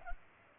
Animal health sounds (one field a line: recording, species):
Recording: mosquito wingbeat signal from an infrared sensor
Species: Culex pipiens